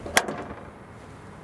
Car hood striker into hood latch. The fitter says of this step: It will snap like this, and then you have to use both hands to push it down until it snaps.